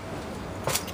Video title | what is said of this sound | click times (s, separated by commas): JD John Deere Skid Steer Raise Cab to access the engine. | and it does have a gas shock and you can lift it all the way up until it locks in place | 0.8 s